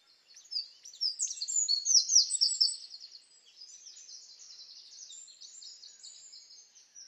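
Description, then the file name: Eurasian wren song: a loud, very high jumble of rapid notes and trills for about two seconds, followed by a softer, continuing thin trill. "Troglodytes troglodytes"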